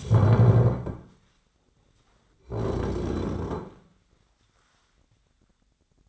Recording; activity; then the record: daily activity, microphone in the room; stand up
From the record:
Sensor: 3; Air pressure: 1009.2 hPa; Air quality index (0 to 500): 181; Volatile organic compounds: 3 ppm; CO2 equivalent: 1464 ppm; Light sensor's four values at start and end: 49/128/56/57 and 40/103/45/47